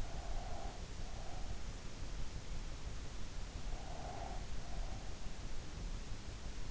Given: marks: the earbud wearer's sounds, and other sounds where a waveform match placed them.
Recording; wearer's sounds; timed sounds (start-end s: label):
sounds in sleep by an in-ear microphone; breath
0.06-1.46 s: breath
3.78-4.99 s: breath